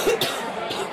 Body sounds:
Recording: coughing mixed with background sound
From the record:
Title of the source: 30 Chesty and wet cough

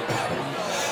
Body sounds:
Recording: coughing mixed with background sound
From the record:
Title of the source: Cough Around the Clock!

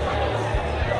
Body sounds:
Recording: background sound without coughing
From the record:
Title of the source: CITY SOUNDS Busy Bar in the Evening Night - 2 HOURS of Ambiance for Relaxation

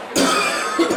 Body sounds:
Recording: coughing mixed with background sound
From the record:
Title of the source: Residual Phlegmy Morning Coughing and Gagging

